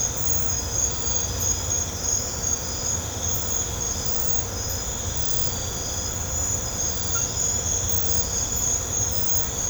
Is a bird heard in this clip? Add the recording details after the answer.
no. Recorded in pastures near Puerto Asís, Putumayo, Colombia, on 16 December 2024 at 23:30. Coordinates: 0.502, -76.324. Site G077